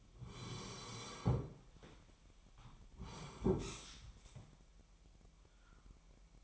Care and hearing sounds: daily activity, microphone in the room; sit down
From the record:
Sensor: 1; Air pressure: 998.6 hPa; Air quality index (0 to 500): 118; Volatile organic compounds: 3 ppm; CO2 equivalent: 1410 ppm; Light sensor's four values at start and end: 7/17/7/8 and 7/17/7/8

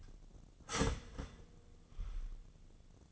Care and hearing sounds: daily activity, microphone in the room; start toaster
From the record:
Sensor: 4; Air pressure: 1001.0 hPa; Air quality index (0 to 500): 164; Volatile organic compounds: 2 ppm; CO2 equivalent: 1192 ppm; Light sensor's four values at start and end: 17/39/17/17 and 17/38/16/17

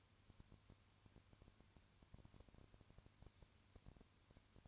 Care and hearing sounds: daily activity, microphone in the room; no activity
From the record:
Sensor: 2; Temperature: 20.3 degrees Celsius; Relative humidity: 35.6%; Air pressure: 1000.9 hPa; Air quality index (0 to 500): 197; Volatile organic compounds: 5 ppm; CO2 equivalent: 1736 ppm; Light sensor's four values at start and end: 2/3/2/2 and 2/3/2/2

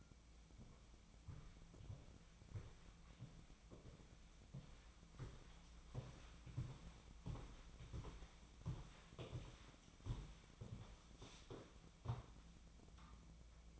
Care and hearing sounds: daily activity, microphone in the room; walk to room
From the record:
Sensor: 1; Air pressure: 1010.1 hPa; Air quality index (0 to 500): 184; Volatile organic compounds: 16 ppm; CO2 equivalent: 2533 ppm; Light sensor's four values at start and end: 39/100/42/51 and 39/98/41/50

